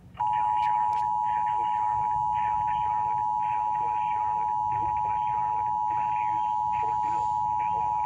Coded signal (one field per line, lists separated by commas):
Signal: Emergency Alert System (SAME) tones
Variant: 853 and 960 Hz attention tone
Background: speech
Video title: RMT For Alaska on WJON-IP Radio (WeatherScan 24/7) EAS #139